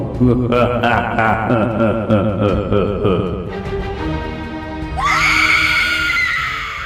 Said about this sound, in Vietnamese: Chị Thảo thét lên một tiếng kinh hoàng, rồi dùng hết sức bình sinh định quay mặt lại bỏ chạy.